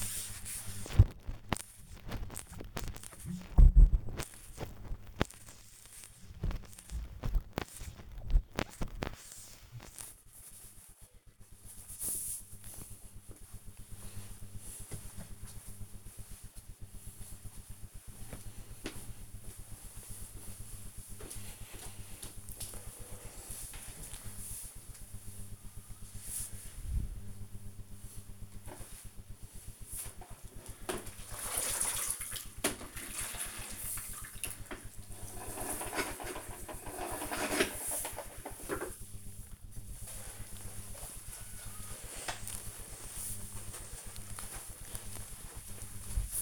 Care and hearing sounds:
household activities, microphone on the right wrist
0.00-10.39 s: window cleaning
28.55-46.42 s: floor cleaning

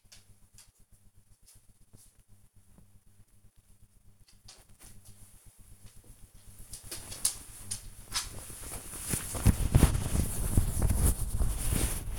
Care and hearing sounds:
household activities, microphone on the right wrist
0.00-5.36 s: folding laundry
8.37-12.19 s: folding laundry

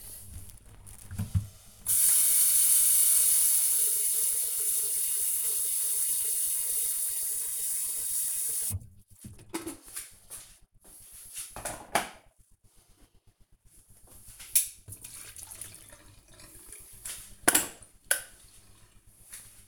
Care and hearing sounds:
household activities, microphone on the right wrist
0.00-19.67 s: making tea

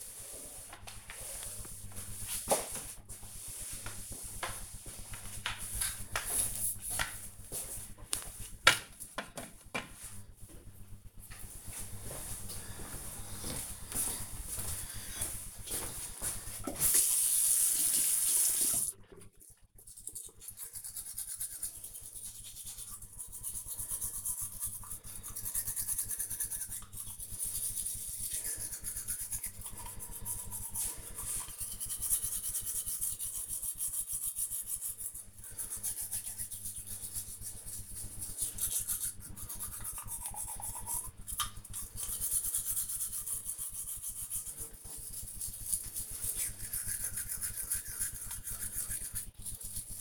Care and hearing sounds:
household activities, microphone on the right wrist
0.00-8.49 s: floor cleaning
16.53-50.01 s: brushing teeth

